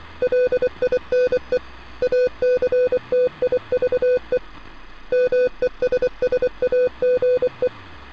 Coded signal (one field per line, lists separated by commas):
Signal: Morse code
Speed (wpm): 24 wpm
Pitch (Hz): 500 Hz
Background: none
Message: LINE ACTIVE MESSAGE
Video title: Portal Strange Radio Transmission Sounds